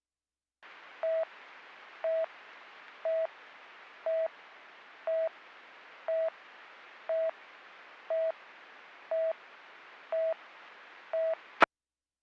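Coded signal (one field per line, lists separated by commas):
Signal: none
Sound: police radio channel beeps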